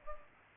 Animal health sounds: mosquito wingbeat signal from an infrared sensor; Culex pipiens

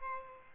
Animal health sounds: mosquito wingbeat signal from an infrared sensor; Aedes albopictus

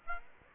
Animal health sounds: mosquito wingbeat signal from an infrared sensor; Aedes aegypti

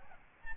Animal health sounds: mosquito wingbeat signal from an infrared sensor; Aedes albopictus

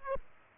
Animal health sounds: mosquito wingbeat signal from an infrared sensor; Aedes aegypti

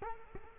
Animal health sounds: mosquito wingbeat signal from an infrared sensor; Culex quinquefasciatus

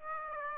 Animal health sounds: mosquito wingbeat signal from an infrared sensor; Aedes aegypti

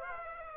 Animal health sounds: mosquito wingbeat signal from an infrared sensor; Aedes aegypti

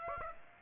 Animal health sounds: mosquito wingbeat signal from an infrared sensor; Aedes aegypti

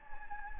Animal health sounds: mosquito wingbeat signal from an infrared sensor; Anopheles gambiae

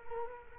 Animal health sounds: mosquito wingbeat signal from an infrared sensor; Culex quinquefasciatus

